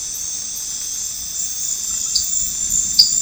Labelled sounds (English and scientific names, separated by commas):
none